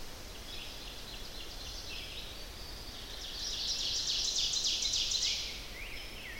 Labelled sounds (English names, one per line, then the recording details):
Ovenbird song
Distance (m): 55 m
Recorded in boreal forest in Alberta, Canada, on 10 June 2016 at 07:48
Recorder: SongMeter 3, array SBT-3-39
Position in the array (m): 324 m, 145 m
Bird 19